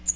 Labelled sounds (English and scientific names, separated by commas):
Magnolia Warbler (Setophaga magnolia) flight call